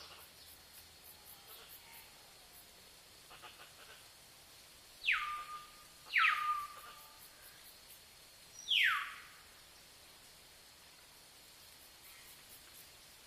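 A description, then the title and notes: Forest sounds, with three loud downward-sliding whistles, likely bird calls, at about five, six and nine seconds. Each drops steeply from high to mid pitch and ends in a short held note. Between them is a quiet hush with faint high ticking. Sound in the forest.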